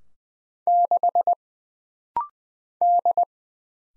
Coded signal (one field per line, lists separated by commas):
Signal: Morse code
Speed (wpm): 20 wpm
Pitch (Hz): 700 Hz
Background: none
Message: 6 D